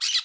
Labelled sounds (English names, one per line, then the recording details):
Brown-throated Parakeet contact call
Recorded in Curacao
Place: Hoffi Jan Thiel
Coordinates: 12.094, -68.877